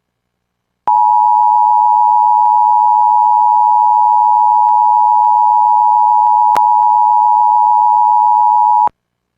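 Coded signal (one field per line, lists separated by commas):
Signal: Emergency Alert System (SAME) tones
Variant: 853 and 960 Hz attention tone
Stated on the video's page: Severe Thunderstorm Warning for Sioux County, Iowa, from the National Weather Service, relayed via ERN/CAP on a radio station.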